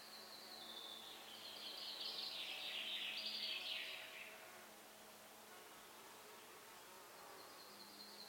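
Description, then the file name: Common chaffinch song, a rapid descending trill of high notes lasting a couple of seconds, partly masked by steady hiss and background noise. "Fringilla coelebs"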